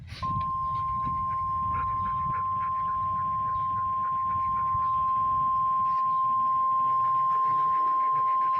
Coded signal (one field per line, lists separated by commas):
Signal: Emergency Alert System (SAME) tones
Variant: 1050 Hz attention tone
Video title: A very weird RWT (EAS #2)